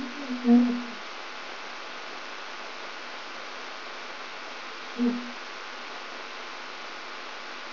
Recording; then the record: brain microelectrode recording played as sound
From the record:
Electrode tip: outside the subthalamic nucleus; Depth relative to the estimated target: -4 mm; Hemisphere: right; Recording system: AlphaMap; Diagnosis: Parkinson's disease